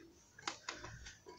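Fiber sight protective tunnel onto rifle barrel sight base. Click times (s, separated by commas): 0.5 s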